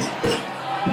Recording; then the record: coughing mixed with background sound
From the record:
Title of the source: Spring Cold Coughing 3